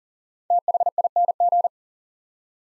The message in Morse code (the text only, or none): THING